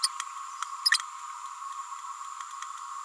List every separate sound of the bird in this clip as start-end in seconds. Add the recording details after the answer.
0.02-0.08. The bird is a female. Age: 29 days. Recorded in a nest box in Venezuela. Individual 17B31A3